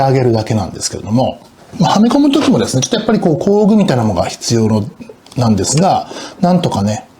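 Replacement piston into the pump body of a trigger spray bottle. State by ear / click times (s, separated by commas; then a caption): not seated / none. A replacement plastic spray piston is being handled at the pump body of a trigger spray bottle, about to be pushed into the housing by hand. Someone talks throughout, and nothing has seated or clicked yet.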